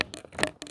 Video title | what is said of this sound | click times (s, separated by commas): 2020 RAM 1500 REBEL LEVEL 1 DIAMOND BLACK TENNESSEE TRUCK 4K WALKAROUND 14223Z SOLD! | those back on there ni snap right in | 0.4 s